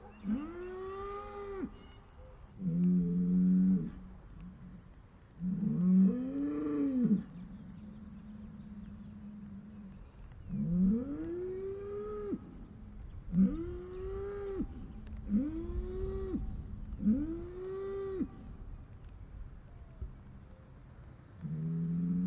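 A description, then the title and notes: Cows call back and forth in a series of drawn-out moos, rising and bending in pitch, roughly every two to three seconds. Between calls a low steady hum holds underneath, with a soft rumbling noise in the background throughout. Cow Conversations.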